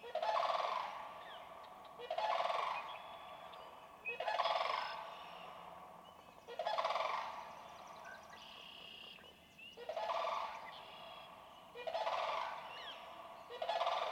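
Sandhill crane rolling, trilled calls in several loud bursts, mostly about two seconds apart.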